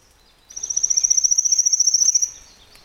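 Pale-legged leaf warbler song, one thin, very high-pitched, even trill of rapid pulses, lasting under two seconds, ending abruptly.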